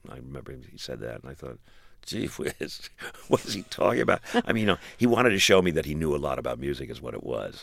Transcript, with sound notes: I remember he said that. And I thought, gee whiz, what is he talking about?
(SOUNDBITE OF LAUGHTER)
I mean, you know, he wanted to show me that he knew a lot about music, is what it was.